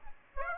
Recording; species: mosquito wingbeat signal from an infrared sensor; Aedes aegypti